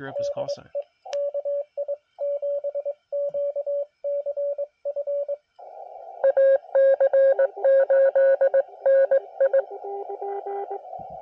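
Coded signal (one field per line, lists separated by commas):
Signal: Morse code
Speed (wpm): 22 wpm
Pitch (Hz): 560 Hz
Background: speech, radio noise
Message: DE KI7QCF AC8NI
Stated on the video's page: CW Parks on the Air activation from a national forest.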